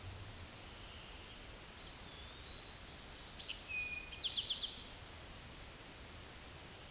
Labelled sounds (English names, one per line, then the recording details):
Eastern Towhee song
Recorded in a Pennsylvania forest on 17 May 2023 at 13:25
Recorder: AudioMoth, point grid1_31_low
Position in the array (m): 112 m, 106 m